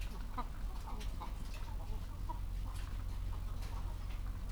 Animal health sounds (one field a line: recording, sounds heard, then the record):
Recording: poultry house recording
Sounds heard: sick chickens (respiratory disease)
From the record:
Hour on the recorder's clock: 14